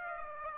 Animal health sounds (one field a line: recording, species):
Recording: mosquito wingbeat signal from an infrared sensor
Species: Aedes aegypti